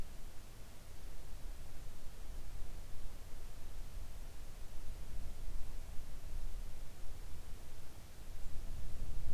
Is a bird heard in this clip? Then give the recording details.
no. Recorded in the Arctic National Wildlife Refuge, Alaska, on 3 August 2019 at 06:15. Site 41